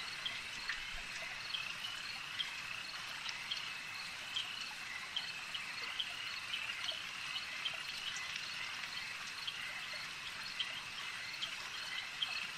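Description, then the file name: Insects buzzing together in a thick, even high drone, dotted with frequent short ticking pulses. A swarm of insects. "Elijah Wagner - Relaxing Insect Swarm Ambience"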